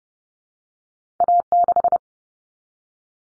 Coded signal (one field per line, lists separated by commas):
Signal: Morse code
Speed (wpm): 30 wpm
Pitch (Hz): 700 Hz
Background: none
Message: A6